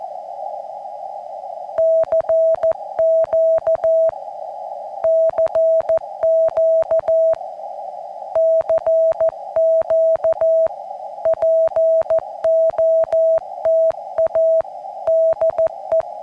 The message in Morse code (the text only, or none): CQ CQ CQ POTA DE